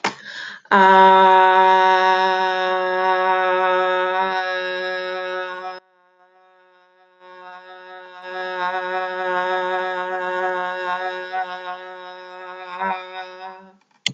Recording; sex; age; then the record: vowel held as long as possible; female; 40 to 49 years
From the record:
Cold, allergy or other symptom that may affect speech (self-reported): no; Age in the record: 43 years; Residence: Illinois, United States